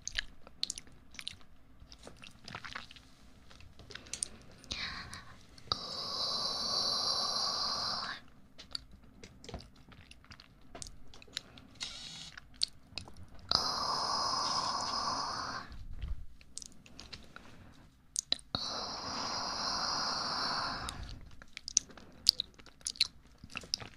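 Tingly mouth sounds: soft clicks and chewing-like crunches, interrupted by three long bright hissing stretches around 6, 14 and 19 seconds.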